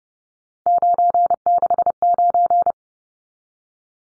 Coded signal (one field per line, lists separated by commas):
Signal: Morse code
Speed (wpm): 29 wpm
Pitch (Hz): 700 Hz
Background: none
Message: 969